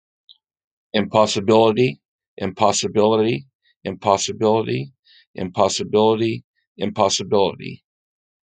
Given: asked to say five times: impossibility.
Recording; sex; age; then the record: repeated word; male; 40 to 49 years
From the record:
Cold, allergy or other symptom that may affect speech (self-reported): no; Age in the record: 48 years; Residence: California, United States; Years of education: 18